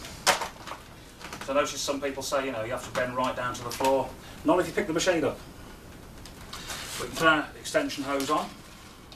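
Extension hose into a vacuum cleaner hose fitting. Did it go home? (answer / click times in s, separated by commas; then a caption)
no / none. Someone talks while handling the plastic stair-hose extension and fitting it toward the hose fitting of a Vax Mach Air Total Home U89-MA-T (2012) upright vacuum cleaner, with brief handling noises around 6.3 s and 6.5 s. The clip ends before the extension hose goes home; nothing has seated or clicked yet.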